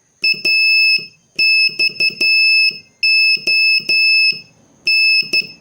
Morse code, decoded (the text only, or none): AXON